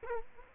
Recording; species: mosquito wingbeat signal from an infrared sensor; Culex quinquefasciatus